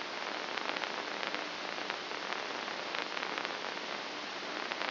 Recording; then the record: brain microelectrode recording played as sound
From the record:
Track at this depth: inside the subthalamic nucleus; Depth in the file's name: 2.834 mm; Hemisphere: left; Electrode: 2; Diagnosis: Parkinson's disease